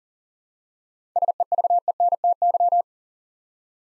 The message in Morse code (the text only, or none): SEVENTY